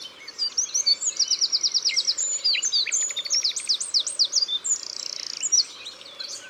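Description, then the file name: Eurasian wren singing a continuous, hurried stream of high, ringing trills and quick descending notes, loud throughout, over a soft recurring low tone. Drôme, France. "Troglodyte mignon Concerts Naturels de la Drome Studio les Trois Becs"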